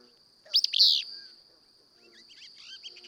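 Willow flycatcher delivering one sharp, buzzy sneeze-like song phrase, followed by faint twittering from other birds over a continuous high insect drone.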